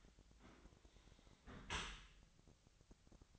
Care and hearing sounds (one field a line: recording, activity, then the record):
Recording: daily activity, microphone in the room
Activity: close dishwasher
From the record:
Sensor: 3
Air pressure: 1003.0 hPa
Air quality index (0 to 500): 196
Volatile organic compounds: 6 ppm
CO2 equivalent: 1916 ppm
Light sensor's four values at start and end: 18/45/19/20 and 18/45/19/20